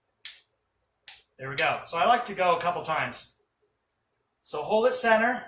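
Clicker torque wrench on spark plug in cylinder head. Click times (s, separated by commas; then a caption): 0.2 s, 1.1 s. A clicker-style torque wrench tightens an iridium spark plug into the aluminium cylinder head of a 2004 Toyota Camry 3.0L. Two sharp clicks are heard at 0.2 s and 1.1 s as the wrench reaches its torque spec, followed by someone talking.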